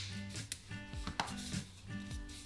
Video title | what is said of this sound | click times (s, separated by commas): Versaclic 5G Video English | you may have heard that click into place | 0.5 s, 1.2 s